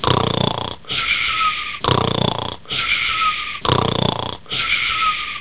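Three full breath cycles in about five seconds from an adult sleeper: each inhalation brings a harsh, low, fluttering rattle, followed by a softer, hissing exhalation with a whistling edge. These are loud, regular snores from vibration of the upper airway during sleep.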